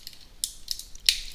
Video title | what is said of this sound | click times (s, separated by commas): Robot Spirits RX-104FF Penelope (Mobile Suit Gundam Hathaway Ver.) [KA Signature] Review | and that'll snap right in like so. | 1.1 s